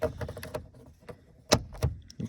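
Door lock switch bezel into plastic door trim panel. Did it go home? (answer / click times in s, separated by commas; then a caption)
yes / 0.0 s, 1.5 s. A door lock switch bezel on a 1999–2003 Chevrolet Silverado Crew Cab LT (1500, 1500 HD, 2500 HD) is fed one corner first into the plastic door trim panel, then pressed until it clicks in at two points. Sharp clicks land at 0.0 s and 1.5 s, amid softer handling taps and rustles. The bezel is seated in the trim and is then tested.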